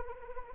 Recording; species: mosquito wingbeat signal from an infrared sensor; Anopheles arabiensis